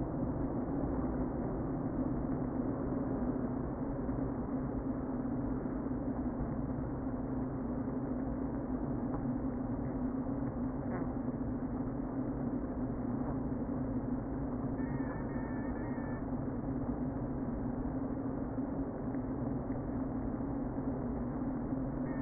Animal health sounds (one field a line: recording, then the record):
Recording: honeybee colony, microphone inside the hive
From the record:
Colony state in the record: queen present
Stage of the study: before two queens were removed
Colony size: about 60,000 bees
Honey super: yes